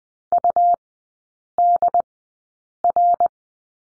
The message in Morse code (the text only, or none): UDR